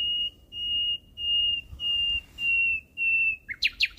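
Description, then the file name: Common nightingale song opening with six long pure whistled notes on one pitch, then a few quick sweeping notes. "Nachtegaal"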